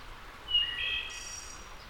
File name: wood thrush return